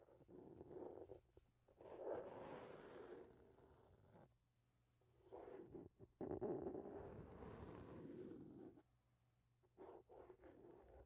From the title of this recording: mic touching